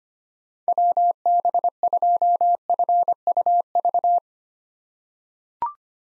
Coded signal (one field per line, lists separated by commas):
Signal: Morse code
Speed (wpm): 25 wpm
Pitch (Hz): 700 Hz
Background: none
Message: WB2FUV